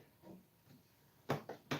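A plastic clip piece is pressed back onto a brick model. After a quiet lead-in with faint soft handling, three sharp plastic clicks land at 1.3, 1.5 and 1.7 seconds. Even so, the clip is not sitting right and is not fully home.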